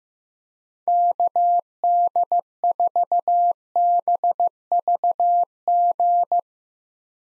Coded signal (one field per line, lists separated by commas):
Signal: Morse code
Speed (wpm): 15 wpm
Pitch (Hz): 700 Hz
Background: none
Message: KD4BVG